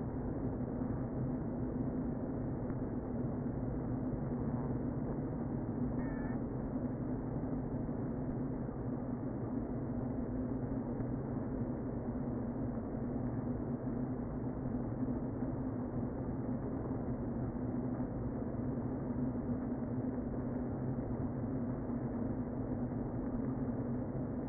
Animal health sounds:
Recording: honeybee colony, microphone inside the hive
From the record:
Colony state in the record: queen present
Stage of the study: before two queens were removed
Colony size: about 60,000 bees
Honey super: yes

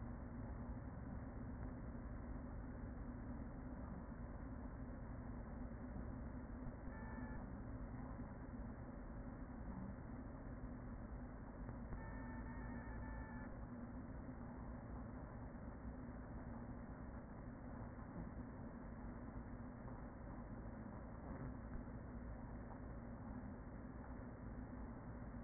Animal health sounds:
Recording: honeybee colony, microphone inside the hive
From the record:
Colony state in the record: queen present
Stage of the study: after two queens were removed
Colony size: about 40,000 bees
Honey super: no

